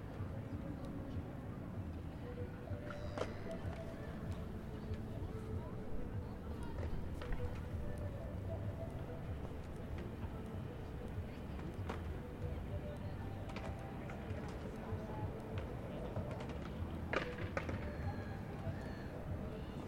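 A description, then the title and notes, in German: A busy square at Alexanderplatz in Berlin: a steady low rumble of traffic and crowd fills the whole recording, with voices murmuring throughout. Sharp clicks and knocks break through now and then, near three, seven, twelve and seventeen seconds, over a constant city hum. Alexander Platz Berlin 2010 by Alejandro Cornejo Montibeller.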